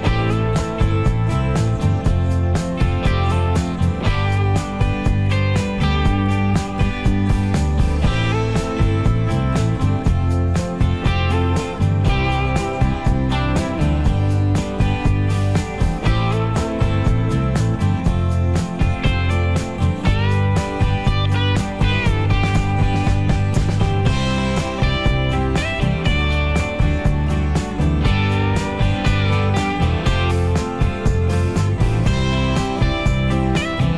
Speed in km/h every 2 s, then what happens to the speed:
81, 79, 77, 79, 81, 81, 82, 87, 89, 92, 92, 90, 82, 77, 72, 71, 71.
0-5 steady at about 79. 5-21 speeds up to 92. 21-34 slows to 71.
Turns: none.